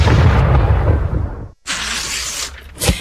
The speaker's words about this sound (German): Komet Feuerwerk, das knallt richtig.